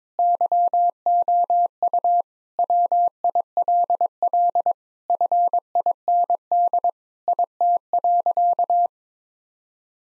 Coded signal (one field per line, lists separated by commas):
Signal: Morse code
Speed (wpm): 22 wpm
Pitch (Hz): 700 Hz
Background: none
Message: YOU WILL FIND IT.